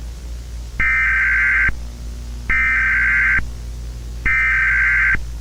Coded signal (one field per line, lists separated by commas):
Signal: Emergency Alert System (SAME) tones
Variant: header bursts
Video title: EAS scenario: If they spot you, it’s too late